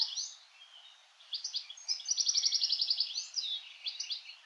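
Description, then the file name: European Goldfinch song, a quick jumble of high tinkling twitters and liquid notes with a rapid buzzy trill in the middle, all high-pitched, faint background hiss. "Carduelis carduelis"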